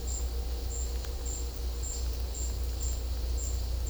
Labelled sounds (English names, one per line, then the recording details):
none
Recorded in secondary vegetation near Puerto Asís, Putumayo, Colombia, on 16 December 2024 at 13:00
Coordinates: 0.500, -76.326
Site G065